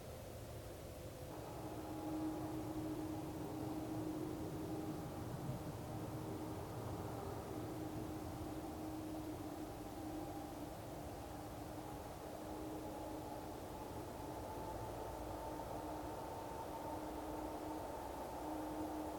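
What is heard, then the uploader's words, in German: A meadow in the evening with light wind and a steady, low traffic hum from a distant road, plus a faint sustained drone throughout. Wiese am Abend, leichter Wind, Straße in der Ferne.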